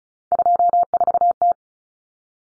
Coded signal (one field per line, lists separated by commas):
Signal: Morse code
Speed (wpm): 34 wpm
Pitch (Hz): 700 Hz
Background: none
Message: 24T